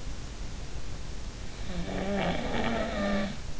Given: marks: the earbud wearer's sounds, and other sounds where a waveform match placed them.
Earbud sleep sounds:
sounds in sleep by an in-ear microphone; snoring breath
1.47-3.47 s: snoring breath

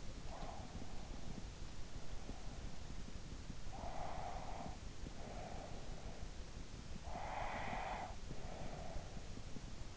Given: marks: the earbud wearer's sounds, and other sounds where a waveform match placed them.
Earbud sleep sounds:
sounds in sleep by an in-ear microphone; breath
0.00-1.71 s: breath
3.37-9.61 s: breath

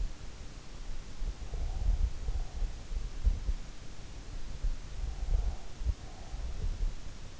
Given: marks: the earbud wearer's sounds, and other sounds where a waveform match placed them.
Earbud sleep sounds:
sounds in sleep by an in-ear microphone; breath
0.85-3.57 s: breath
4.86-7.32 s: breath

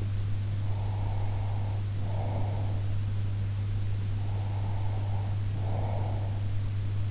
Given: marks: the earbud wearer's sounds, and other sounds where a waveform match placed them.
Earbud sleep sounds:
sounds in sleep by an in-ear microphone; breath
0.61-2.84 s: breath
4.13-6.50 s: breath

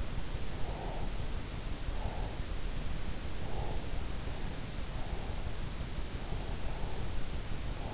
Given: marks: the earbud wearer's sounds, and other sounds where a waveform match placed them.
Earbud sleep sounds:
sounds in sleep by an in-ear microphone; breath
0.50-1.21 s: breath
1.78-2.49 s: breath
3.44-3.91 s: breath

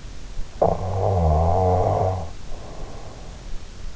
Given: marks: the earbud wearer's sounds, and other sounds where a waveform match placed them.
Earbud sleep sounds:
sounds in sleep by an in-ear microphone; snoring breath
0.03-3.25 s: snoring breath
1.88-3.61 s: sound from someone else or the room

